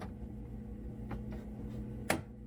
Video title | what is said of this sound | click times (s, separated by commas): Don't get electric shocked like me... How to change fridge light bulb with an LED bulb | Like that. That was screwing in counterclockwise, and I heard the click, so the threads should line. | 2.1 s